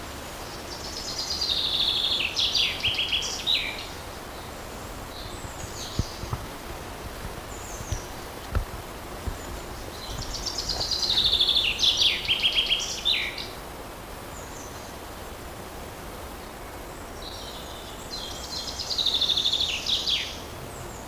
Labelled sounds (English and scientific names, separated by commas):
Common Chaffinch (Fringilla coelebs) song